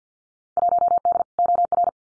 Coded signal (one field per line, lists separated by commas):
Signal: Morse code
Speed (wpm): 50 wpm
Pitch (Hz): 700 Hz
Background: none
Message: 1D OR